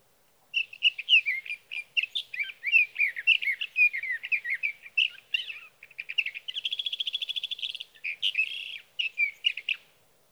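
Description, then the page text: Sage thrasher song, a long warble of quick varied notes, with a rapid buzzy trill past the middle and more varied phrases to finish. Male singing through three nights near his night roost, evening June 12 to morning June 15, 2018, Sierra Valley, California; recorded with a Swift recorder. "61. Sage thrasher songs, through the night."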